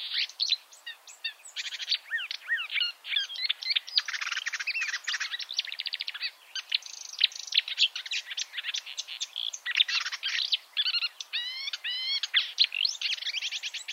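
Marsh warbler song, a dense, nonstop stream of varied chattering, buzzy and whistled notes with quick trills and rising and falling slurs.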